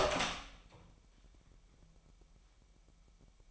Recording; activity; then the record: daily activity, microphone in the room; open door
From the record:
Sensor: 1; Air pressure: 998.5 hPa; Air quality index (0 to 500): 131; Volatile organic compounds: 4 ppm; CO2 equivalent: 1573 ppm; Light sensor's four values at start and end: 19/63/25/26 and 19/62/25/26